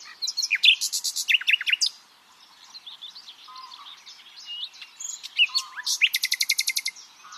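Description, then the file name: Common nightingale song with sharp rising and falling chirps, a rapid buzzy rattle, a quiet pause of soft notes, then another fast repeated rattle. "Luscinia megarhynchos"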